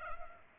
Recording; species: mosquito wingbeat signal from an infrared sensor; Culex pipiens